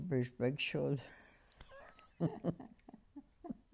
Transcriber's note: she laughs